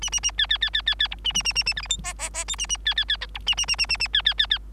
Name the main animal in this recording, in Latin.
Lonchura striata domestica